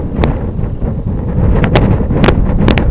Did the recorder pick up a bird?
no